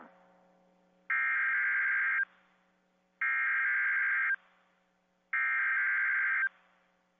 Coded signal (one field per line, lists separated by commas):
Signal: Emergency Alert System (SAME) tones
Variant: header bursts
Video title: EAS: Mandatory Evacuations/Hurricane Warnings for Florida from Hurricane Idalia │ NOAA Weather Radio